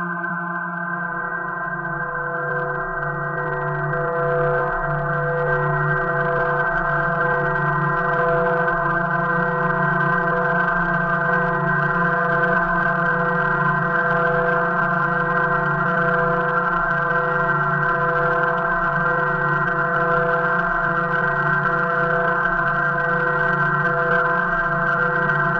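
Processed sine tones sound together as a dense, steady chord of many pure pitches, from low hum to upper mid tones. Around four seconds it swells slightly louder and a faint airy hiss fills in above, then holds unchanged to the end.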